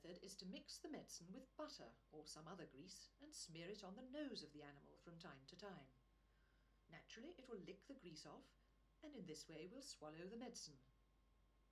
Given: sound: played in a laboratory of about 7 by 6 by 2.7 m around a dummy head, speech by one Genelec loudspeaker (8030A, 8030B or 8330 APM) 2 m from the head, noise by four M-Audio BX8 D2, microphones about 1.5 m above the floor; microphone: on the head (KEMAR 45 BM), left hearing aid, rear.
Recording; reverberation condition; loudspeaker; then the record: female speech in English; low; 120 degrees to the left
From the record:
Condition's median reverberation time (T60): about 310 ms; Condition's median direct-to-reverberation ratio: about 3.5 dB